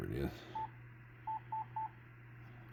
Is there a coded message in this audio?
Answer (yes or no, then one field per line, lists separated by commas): no